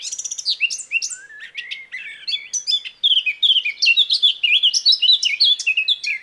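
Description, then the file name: Eurasian blackcap song, continuous quick warbling of mixed scratchy and clear whistled notes. "Sylvia atricapilla"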